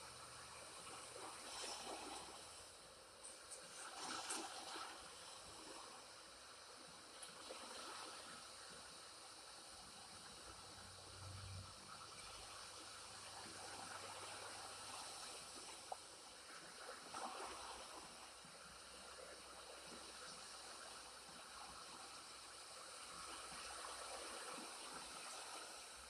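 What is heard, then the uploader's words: Water runs in a steady, dense hiss, like a stream or spray, bright and airy with little low rumble. Brief swells of splashing rise around 2, 4, 12 and 17 seconds, and a faint low hum sits underneath. The sound of water.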